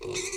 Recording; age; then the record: pig call; weaner (32 to 43 days)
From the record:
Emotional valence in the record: negative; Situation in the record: short isolation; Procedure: open field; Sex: female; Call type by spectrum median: high-frequency call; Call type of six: high-frequency modulated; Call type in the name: high-frequency modulated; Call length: 0.38 s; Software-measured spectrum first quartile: 687 Hz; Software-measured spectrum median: 2538 Hz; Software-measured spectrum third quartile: 5922 Hz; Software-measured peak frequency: 374 Hz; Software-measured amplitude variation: 132 dB a second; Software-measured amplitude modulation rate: 25.2 a second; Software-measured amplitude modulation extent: 5.2 dB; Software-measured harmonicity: 2.4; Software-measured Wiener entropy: -2.60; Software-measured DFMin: 1114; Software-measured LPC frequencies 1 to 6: 399, 2198, 2517, 3690, 4244, 5792 Hz